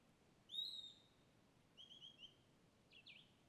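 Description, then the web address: Bird whistling three spaced notes: a long level whistle, then a shorter wavering one, then a brief slurred phrase; quiet background hiss. Lone bird by a riverbank in dense forest, afternoon; page names Cavalcante. "Passaro isolado beira do rio mata fechada mosca tarde. local cavalcante"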